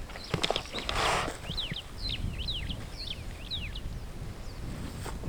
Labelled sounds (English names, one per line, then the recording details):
Superb Starling flight call
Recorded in Kenya on 14 June 2010
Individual 21, of group CF2